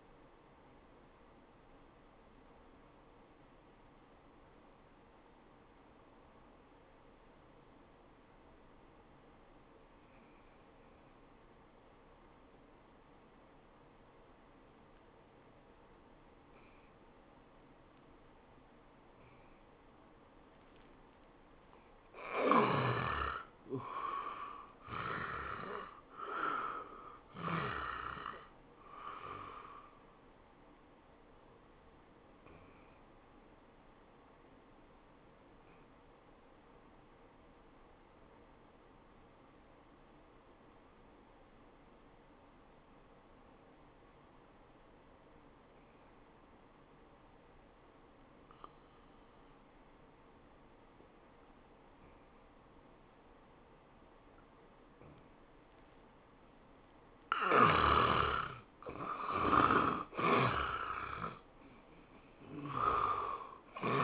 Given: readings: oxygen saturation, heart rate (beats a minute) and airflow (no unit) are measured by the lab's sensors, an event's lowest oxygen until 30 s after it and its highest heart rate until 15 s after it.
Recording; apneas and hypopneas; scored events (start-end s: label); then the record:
breathing in sleep by a voice recorder at the bedside; 2
7.00-24.90 s: obstructive apnea (N1, oxygen 95% highest, then 81% lowest, heart rate 82 at the start, 95 highest)
36.00-58.50 s: obstructive apnea (N1, oxygen 96% highest, then 76% lowest, heart rate 84 at the start, 100 highest)
From the record:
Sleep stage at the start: N1 (lightest sleep); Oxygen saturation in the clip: 76 to 96%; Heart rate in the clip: 77 to 96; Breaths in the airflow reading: 7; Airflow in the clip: -16.6 to 13.0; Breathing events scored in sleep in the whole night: 403 in 5.5 hours asleep